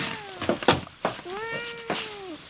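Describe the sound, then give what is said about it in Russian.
A cat waiting to be fed gives two drawn-out, moderately loud meows, each tone bending up and then sliding down, with a few brief soft knocks between them. “Что, мяу? Сейчас покормлю.”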